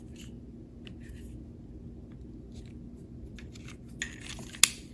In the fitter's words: and you'll hear a click